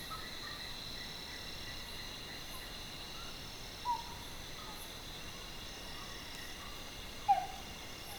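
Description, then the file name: Malaysian tree-hole frog calling with two brief, ringing tonal notes about three seconds apart, over a constant background drone of insects. "Metaphrynella pollicaris"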